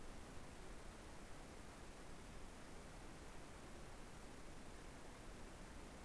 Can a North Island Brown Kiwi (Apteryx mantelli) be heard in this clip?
no